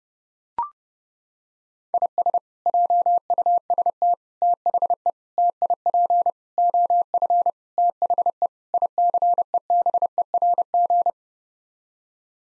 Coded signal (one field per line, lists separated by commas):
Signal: Morse code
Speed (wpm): 32 wpm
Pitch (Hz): 700 Hz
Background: none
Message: IS JUST THE TIP OF THE ICEBERG